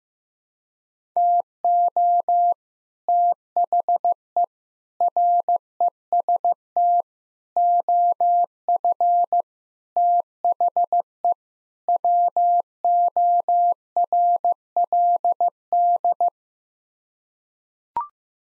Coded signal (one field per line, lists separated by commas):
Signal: Morse code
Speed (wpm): 15 wpm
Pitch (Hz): 700 Hz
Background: none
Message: TO THE REST OF THE WORLD